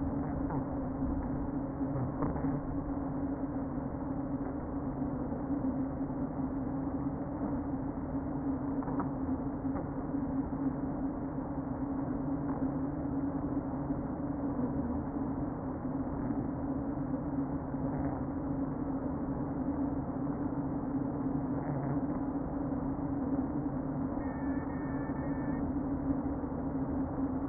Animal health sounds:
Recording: honeybee colony, microphone inside the hive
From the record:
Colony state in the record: queen present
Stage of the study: before two queens were removed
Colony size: about 60,000 bees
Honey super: yes

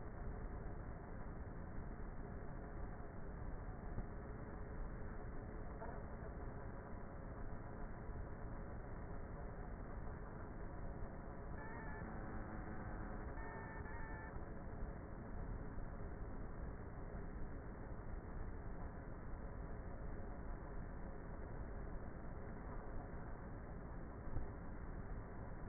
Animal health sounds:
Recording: honeybee colony, microphone inside the hive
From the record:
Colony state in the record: queenless with a low population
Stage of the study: before two queens were removed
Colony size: about 30,000 bees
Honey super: no

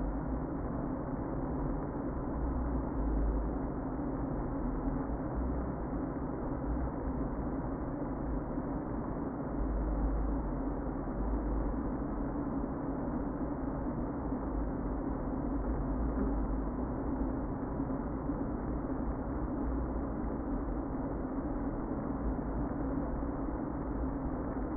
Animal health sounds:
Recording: honeybee colony, microphone inside the hive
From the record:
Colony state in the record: queen present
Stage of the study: before two queens were removed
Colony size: about 60,000 bees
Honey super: yes

